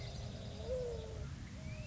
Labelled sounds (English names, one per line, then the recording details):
Mourning Dove
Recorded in Sonoma County, California